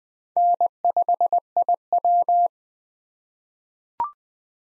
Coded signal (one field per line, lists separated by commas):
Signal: Morse code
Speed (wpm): 20 wpm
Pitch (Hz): 700 Hz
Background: none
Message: N5IW